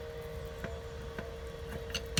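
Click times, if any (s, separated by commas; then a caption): none. The removable steel handle of a Halfords Advanced 2 Tonne low-profile trolley jack is handled at its square socket on the jack body, over a steady low tonal hum with faint taps. Short, sharp knocks are heard near 2.0 s and 2.2 s. Nothing has seated or clicked into place yet.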